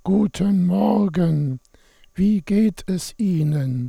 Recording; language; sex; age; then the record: spoken sentence; German; male; 60 to 69 years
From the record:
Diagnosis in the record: contact pachydermia, monochorditis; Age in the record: 67 years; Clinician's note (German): Monochorditis links